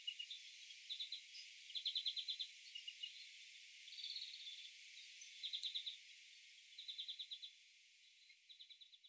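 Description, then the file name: European greenfinch song: a series of short rapid trills, repeated in bursts every second or so, with faint background hiss. "Chloris chloris"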